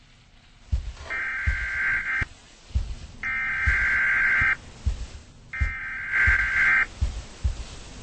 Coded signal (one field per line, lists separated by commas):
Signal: Emergency Alert System (SAME) tones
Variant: header bursts